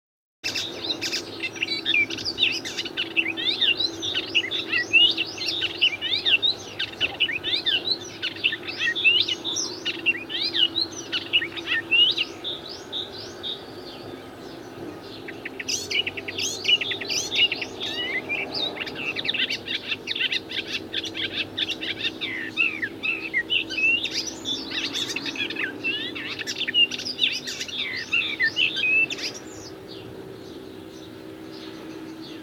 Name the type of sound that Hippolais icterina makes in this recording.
song